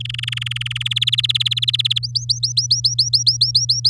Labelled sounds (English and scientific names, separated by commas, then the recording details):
Domestic Canary (Serinus canaria) song
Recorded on 8 May 2018 at 07:46
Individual llb16